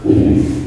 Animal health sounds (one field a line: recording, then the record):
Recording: squeal of a Yucatan mini pig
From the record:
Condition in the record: before surgery on the right vocal fold (resection and tissue-engineered implant)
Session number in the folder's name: 2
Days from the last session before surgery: -15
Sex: female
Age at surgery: 19 weeks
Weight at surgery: 25 kg